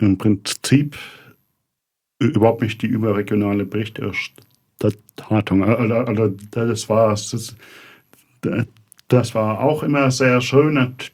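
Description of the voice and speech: Adult man speaking German with stuttering: prolonged sounds, a repeated syllable, and long pauses that break the phrases.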